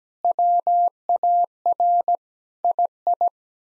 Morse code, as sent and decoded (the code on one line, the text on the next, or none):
.-- .- .-. / .. ..
WAR II